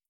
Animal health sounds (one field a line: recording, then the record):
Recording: hydrophone in a shrimp aquaculture tank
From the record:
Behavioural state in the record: starved